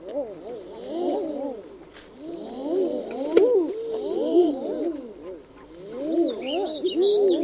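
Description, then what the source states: Common eider cooing calls, many overlapping low crooning 'ah-ooo' notes that rise and fall in a continuous chorus, with a few high thin calls from other birds. Several common eiders recorded in tundra.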